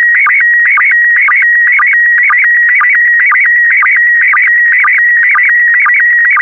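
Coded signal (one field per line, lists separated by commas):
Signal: SSTV (slow-scan television)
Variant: PD120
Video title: (05 of 12) Expedition 67 - ARISS Series 20 Women in Space - Retransmission SSTV PD120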